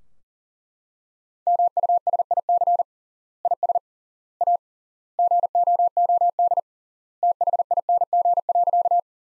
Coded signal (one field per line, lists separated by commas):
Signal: Morse code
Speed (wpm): 40 wpm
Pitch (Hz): 700 Hz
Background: none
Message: MUSIC IS A GOOD THING.